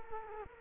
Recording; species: mosquito wingbeat signal from an infrared sensor; Culex quinquefasciatus